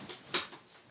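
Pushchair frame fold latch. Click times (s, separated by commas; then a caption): 0.3 s. The folding frame of a Quinny Zapp Xpress pram is pushed and collapsed until its fold latch locks. A faint rattle near the start leads to a sharp, bright click at about 0.4 s, followed by a quieter tap and a fading tail. The pram frame is folded shut with the fold lock clicked into place.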